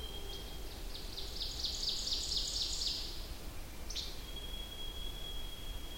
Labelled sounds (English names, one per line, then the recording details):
Ovenbird song
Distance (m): 55 m
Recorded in boreal forest in Alberta, Canada, on 21 June 2016 at 06:33
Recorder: SongMeter 3, array SBT-6-81
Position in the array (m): 15 m, 84 m
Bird 24